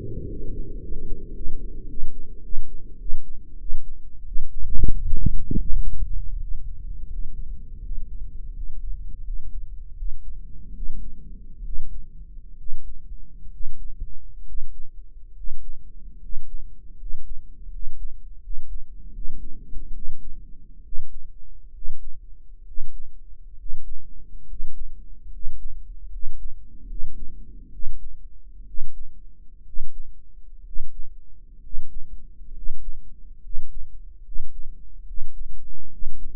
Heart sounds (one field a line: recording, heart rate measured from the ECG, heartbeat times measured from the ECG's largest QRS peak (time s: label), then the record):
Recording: heart sounds by microphone in the right ear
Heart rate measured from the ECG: 76 bpm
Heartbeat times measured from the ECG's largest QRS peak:
0.26 s: heartbeat
0.80 s: heartbeat
1.34 s: heartbeat
1.88 s: heartbeat
2.43 s: heartbeat
2.99 s: heartbeat
3.59 s: heartbeat
4.25 s: heartbeat
4.96 s: heartbeat
5.64 s: heartbeat
6.38 s: heartbeat
7.08 s: heartbeat
7.81 s: heartbeat
8.53 s: heartbeat
9.23 s: heartbeat
9.95 s: heartbeat
10.73 s: heartbeat
11.63 s: heartbeat
12.56 s: heartbeat
13.50 s: heartbeat
14.44 s: heartbeat
15.33 s: heartbeat
16.19 s: heartbeat
16.96 s: heartbeat
17.69 s: heartbeat
18.40 s: heartbeat
19.11 s: heartbeat
19.92 s: heartbeat
20.82 s: heartbeat
21.71 s: heartbeat
22.64 s: heartbeat
23.55 s: heartbeat
24.45 s: heartbeat
25.29 s: heartbeat
26.08 s: heartbeat
26.85 s: heartbeat
27.69 s: heartbeat
28.64 s: heartbeat
29.63 s: heartbeat
30.62 s: heartbeat
31.59 s: heartbeat
32.51 s: heartbeat
33.39 s: heartbeat
34.21 s: heartbeat
35.03 s: heartbeat
35.88 s: heartbeat
From the record:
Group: healthy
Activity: rest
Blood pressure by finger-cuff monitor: 100/70 mmHg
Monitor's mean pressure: 79 mmHg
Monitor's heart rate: 70 bpm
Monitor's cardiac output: 6.2 L/min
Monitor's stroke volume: 87 mL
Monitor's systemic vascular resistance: 930 dyn s/cm5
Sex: male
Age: 23 years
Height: 178 cm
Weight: 96.6 kg